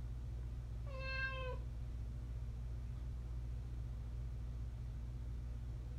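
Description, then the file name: Cat giving a single drawn-out meow lasting under a second, level in pitch, then quiet with only a constant low rumble. Maddening meows. "miso maddening meows"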